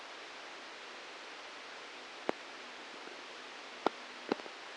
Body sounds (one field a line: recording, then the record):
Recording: brain microelectrode recording played as sound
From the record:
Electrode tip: outside the subthalamic nucleus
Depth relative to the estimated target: 4 mm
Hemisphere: right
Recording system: NeuroSet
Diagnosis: Parkinson's disease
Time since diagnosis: 13 years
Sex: male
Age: 63 years